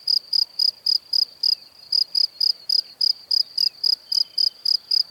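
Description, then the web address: Cricket chirping steadily, high-pitched pulsed notes about four per second, with a faint brief whistle once or twice behind it. "Kurs PTTK Przyroda Ptaki Świerszcze"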